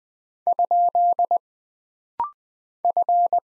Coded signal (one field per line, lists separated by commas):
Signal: Morse code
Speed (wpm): 20 wpm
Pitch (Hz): 700 Hz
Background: none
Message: ? F